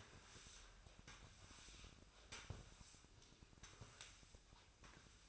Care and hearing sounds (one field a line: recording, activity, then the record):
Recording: daily activity, microphone in the room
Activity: sweep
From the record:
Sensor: 2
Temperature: 24.5 degrees Celsius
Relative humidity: 39.5%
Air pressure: 1003.0 hPa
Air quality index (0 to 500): 199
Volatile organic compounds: 6 ppm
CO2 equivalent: 1891 ppm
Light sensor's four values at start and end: 10/25/10/11 and 10/24/10/11